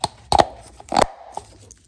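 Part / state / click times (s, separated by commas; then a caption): oil filter element into the oil filter housing cap of a diesel engine / seated / 0.0 s. A paper oil filter cartridge is pushed onto the plastic oil filter housing cap of a Mercedes-Benz ML350 Bluetec (W166) diesel engine. It clicks in and bottoms out with a sharp click at 0.0 s. Two louder crunchy bursts of contact noise follow around 0.3–0.4 s and 1.0 s, then fainter ticks. The filter element is seated.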